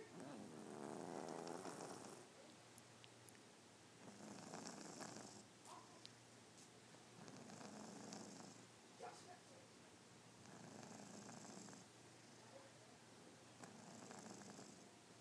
Kitty snoring.